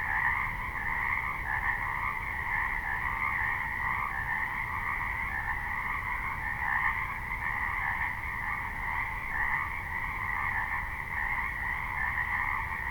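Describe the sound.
Frogs calling continuously in a thick chorus, croaks merging into a pulsing drone that holds steady for the whole stretch, with low rumble below.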